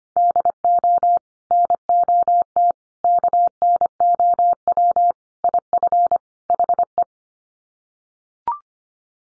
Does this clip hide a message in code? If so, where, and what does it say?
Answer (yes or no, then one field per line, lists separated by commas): yes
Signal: Morse code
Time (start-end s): 0.2-7.0 s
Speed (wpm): 25 wpm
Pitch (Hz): 700 Hz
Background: none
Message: DO NOT KNOW IF HE